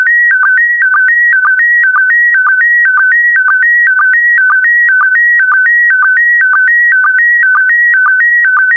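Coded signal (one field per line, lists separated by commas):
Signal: SSTV (slow-scan television)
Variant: PD120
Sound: steady warbling tone stepping between two pitches, short low blip twice a second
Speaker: complete. You can now check your decoded image against the picture that is shown on the video.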